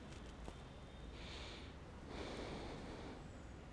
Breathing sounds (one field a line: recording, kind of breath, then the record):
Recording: one breath in and out by a microphone near the nose and mouth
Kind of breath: normal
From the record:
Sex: male